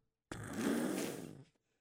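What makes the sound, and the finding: Sound. Snoring.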